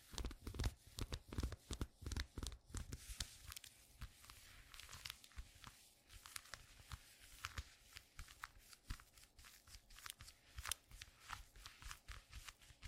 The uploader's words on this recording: TimASMR-ASMR Squeaky Leather Glove Sounds (NO TALKING).